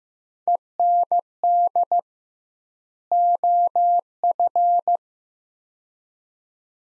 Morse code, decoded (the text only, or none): END OF